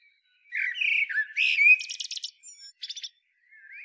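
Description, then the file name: Common blackbird song: a low fluted warble gliding around mid pitch, then a burst of high, squeaky, rapid twittering notes, ending in a soft rising whistle. "Turdus merula"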